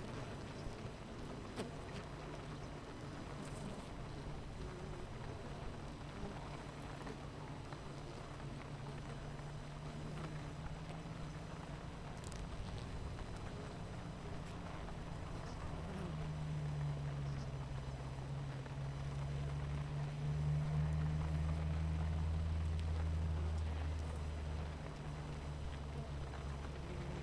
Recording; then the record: honeybee colony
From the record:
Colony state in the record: missing queen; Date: 14 July 2017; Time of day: 8:57